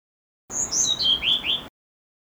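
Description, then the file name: Blue-throated blue flycatcher song, one phrase of bright slurred whistles descending stepwise over roughly a second, with nothing else audible. "kicau sikatan blue throated. omkicau"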